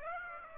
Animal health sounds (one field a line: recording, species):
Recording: mosquito wingbeat signal from an infrared sensor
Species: Aedes aegypti